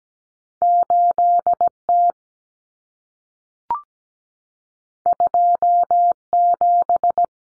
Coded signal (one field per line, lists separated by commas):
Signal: Morse code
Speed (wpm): 17 wpm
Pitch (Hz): 700 Hz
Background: none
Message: 8T 27